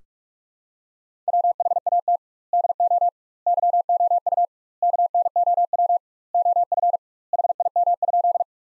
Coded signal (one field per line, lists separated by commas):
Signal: Morse code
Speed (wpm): 41 wpm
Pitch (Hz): 700 Hz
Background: none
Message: WHAT DO YOU KNOW OF HIM?